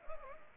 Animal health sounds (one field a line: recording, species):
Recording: mosquito wingbeat signal from an infrared sensor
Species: Anopheles arabiensis